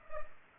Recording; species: mosquito wingbeat signal from an infrared sensor; Culex pipiens